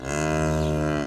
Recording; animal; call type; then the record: contact call of a hoofed animal; cattle; low-frequency (closed-mouth) or high-frequency (open-mouth) call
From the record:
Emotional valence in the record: negative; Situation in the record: full separation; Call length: 1.06 s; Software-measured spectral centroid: 2490 Hz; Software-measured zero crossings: 1300 a second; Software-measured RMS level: -24 dBFS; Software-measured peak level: -12 dBFS